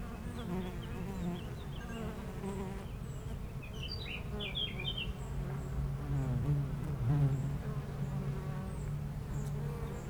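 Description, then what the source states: Honey bees in a dense low hum, swelling in loudness in the second half, with a short burst of high bird twittering midway. Foraging honey bees flying constantly to and from flowers between two hives of a garden apiary in Aix-les-Bains, France; a few birds in the nearby woods.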